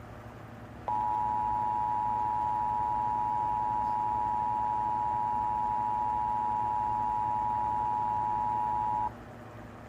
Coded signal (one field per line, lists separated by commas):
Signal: Emergency Alert System (SAME) tones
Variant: 853 and 960 Hz attention tone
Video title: Wakey Wakey: Double Header River Flood Warnings and one on WXJ84 and WVAF (2/26/22) EAS 627-629